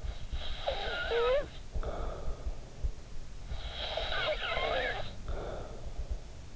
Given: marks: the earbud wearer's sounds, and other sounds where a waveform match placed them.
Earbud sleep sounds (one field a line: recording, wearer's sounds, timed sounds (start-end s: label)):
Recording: sounds in sleep by an in-ear microphone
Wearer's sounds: snoring breath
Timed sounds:
0.13-2.93 s: snoring breath
3.18-6.10 s: snoring breath